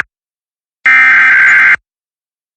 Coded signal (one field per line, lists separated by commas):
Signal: Emergency Alert System (SAME) tones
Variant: header bursts